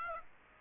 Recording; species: mosquito wingbeat signal from an infrared sensor; Aedes aegypti